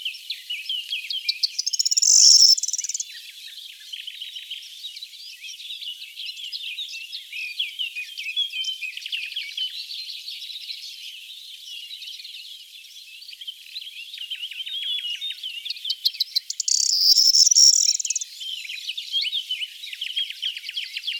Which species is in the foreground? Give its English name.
Corn Bunting